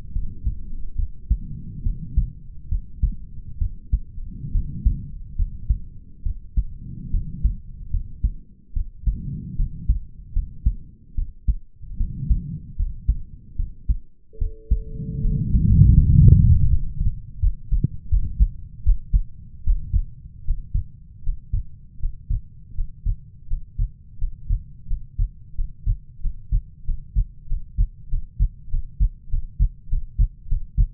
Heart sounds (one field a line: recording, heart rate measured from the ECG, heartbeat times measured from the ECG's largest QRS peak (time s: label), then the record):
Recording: heart sounds by stethoscope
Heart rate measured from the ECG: 79 bpm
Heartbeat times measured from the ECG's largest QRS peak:
0.12 s: heartbeat
0.96 s: heartbeat
1.83 s: heartbeat
2.69 s: heartbeat
3.59 s: heartbeat
4.52 s: heartbeat
5.36 s: heartbeat
6.23 s: heartbeat
7.11 s: heartbeat
7.90 s: heartbeat
8.73 s: heartbeat
9.56 s: heartbeat
10.33 s: heartbeat
11.15 s: heartbeat
11.97 s: heartbeat
12.76 s: heartbeat
13.56 s: heartbeat
14.38 s: heartbeat
15.21 s: heartbeat
15.96 s: heartbeat
16.68 s: heartbeat
17.39 s: heartbeat
18.08 s: heartbeat
18.83 s: heartbeat
19.63 s: heartbeat
20.43 s: heartbeat
21.21 s: heartbeat
21.98 s: heartbeat
22.73 s: heartbeat
23.46 s: heartbeat
24.16 s: heartbeat
24.85 s: heartbeat
25.53 s: heartbeat
26.19 s: heartbeat
26.83 s: heartbeat
27.45 s: heartbeat
28.07 s: heartbeat
28.68 s: heartbeat
29.27 s: heartbeat
29.87 s: heartbeat
30.46 s: heartbeat
From the record:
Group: healthy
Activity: rest 0-17 s, Valsalva maneuver 17-31 s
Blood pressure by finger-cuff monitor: 86/61 mmHg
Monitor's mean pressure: 67 mmHg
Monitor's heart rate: 74 bpm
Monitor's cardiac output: 5.3 L/min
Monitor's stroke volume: 70 mL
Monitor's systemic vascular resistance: 900 dyn s/cm5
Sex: male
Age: 20 years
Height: 187 cm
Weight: 68.9 kg